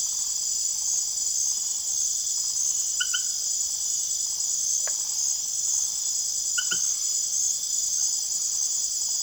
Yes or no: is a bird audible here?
no